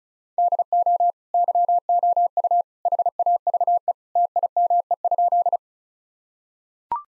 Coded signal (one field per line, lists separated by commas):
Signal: Morse code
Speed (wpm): 36 wpm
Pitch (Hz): 700 Hz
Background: none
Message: DO YOU HAVE TIME?